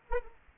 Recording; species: mosquito wingbeat signal from an infrared sensor; Anopheles arabiensis